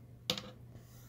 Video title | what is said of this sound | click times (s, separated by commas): Fitbit Sense 2 Vs Versa 3 User Interface Comparison | make sure it snaps in | 0.3 s